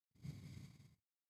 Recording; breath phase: one breath near a microphone; exhalation